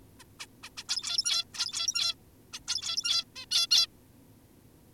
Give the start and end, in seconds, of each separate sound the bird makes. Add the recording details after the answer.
0.20-0.24, 0.40-0.46, 0.63-0.70, 0.77-0.84, 0.89-1.45, 1.54-2.15, 2.53-2.60, 2.68-3.25, 3.36-3.46, 3.51-3.68, 3.71-3.87. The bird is an adult. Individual g17y2U